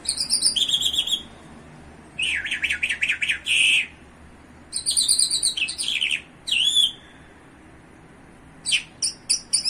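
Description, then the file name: Bimaculated lark song: bursts of high, fast, scratchy chirps and trills separated by short pauses, with one drawn-out whistled slur near the middle. Recorded in Iran. "iranian sound bimaculated lark"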